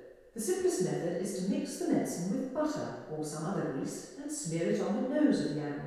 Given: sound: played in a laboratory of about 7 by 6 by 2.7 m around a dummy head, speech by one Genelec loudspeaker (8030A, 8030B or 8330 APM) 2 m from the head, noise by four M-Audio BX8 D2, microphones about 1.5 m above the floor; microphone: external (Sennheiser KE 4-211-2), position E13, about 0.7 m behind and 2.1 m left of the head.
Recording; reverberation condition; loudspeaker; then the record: female speech in English; high; 30 degrees to the left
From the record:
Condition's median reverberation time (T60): about 1300 ms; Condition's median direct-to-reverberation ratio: about -4.0 dB